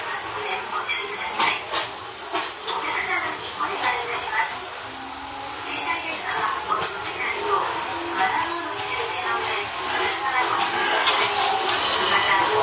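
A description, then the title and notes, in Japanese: A ride aboard an older steel electric train, recorded inside the car. Voices chatter over a steady, rattling run of wheels and body noise, with brief clacks scattered throughout; the ride grows slightly louder in the final few seconds. 伊豆箱根鉄道3000系(鋼製車) 修善寺〜三島。車体は20ｍ級3扉車。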